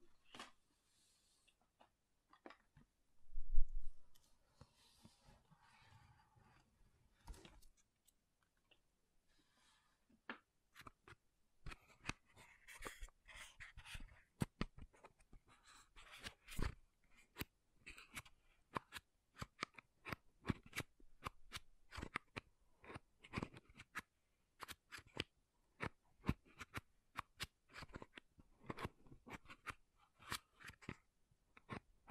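Makeup being tapped and scratched: sharp, crisp clicks and scrapes come in quick, irregular bursts, sparse for the first ten seconds and then dense and steady to the end. Near the four-second mark a brief low rumble stands out.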